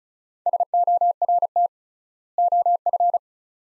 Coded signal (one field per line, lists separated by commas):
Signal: Morse code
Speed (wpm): 36 wpm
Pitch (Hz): 700 Hz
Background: none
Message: SORT OF